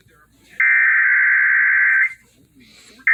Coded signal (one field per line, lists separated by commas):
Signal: Emergency Alert System (SAME) tones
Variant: header bursts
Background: speech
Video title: Severe Thunderstorm Warning on WTVE (EAS #41)